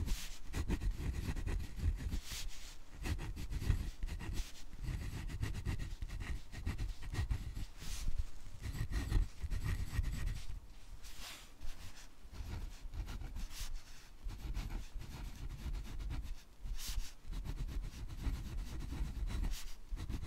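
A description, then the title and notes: Pen writing on paper, a steady scratchy rubbing that runs the whole time with constant small strokes. Frequent brief bright ticks and scrapes punctuate it every second or so, over a low rumbling bed, with short lifts of the pen breaking the flow. Pure Writing Sounds ASMR Satisfying • Glass • Fountain • Ballpoint • Gel.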